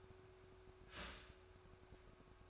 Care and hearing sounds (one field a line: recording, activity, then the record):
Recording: daily activity, microphone in the room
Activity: start toaster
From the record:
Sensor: 2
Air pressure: 1004.1 hPa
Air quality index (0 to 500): 193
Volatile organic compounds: 11 ppm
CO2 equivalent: 2307 ppm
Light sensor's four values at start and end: 4/10/4/4 and 4/10/4/4